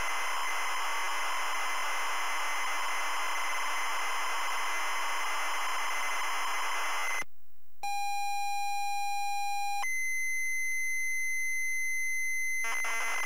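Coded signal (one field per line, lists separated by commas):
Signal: ZX Spectrum tape loading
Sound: long hiss, a steady buzzy lead tone, a higher tone, then harsh rasping data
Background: tape hiss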